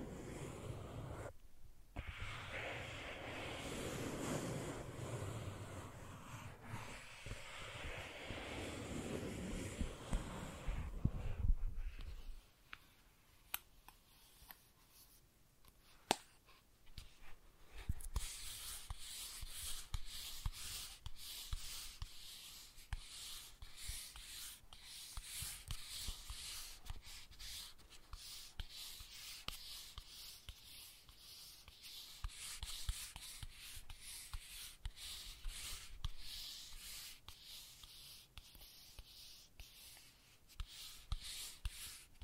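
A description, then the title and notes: ASMR tracing sounds, opening with about twelve seconds of heavy, full rubbing and rustling across the mic. After a brief lull, lighter scratchy strokes take over, quick and fairly steady, with a thin bright hiss and occasional sharper taps. ASMR Sensitive Tracing (No Talking).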